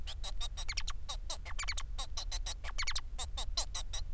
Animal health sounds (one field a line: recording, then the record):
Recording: song of a male Bengalese finch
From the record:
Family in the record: son of father 4